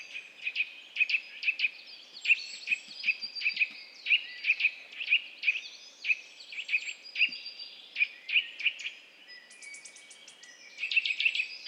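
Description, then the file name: Eurasian nuthatch calls: loud, sharp piping notes repeated steadily, then a brief rapid very high trill before the calls resume. "Sitta europaea"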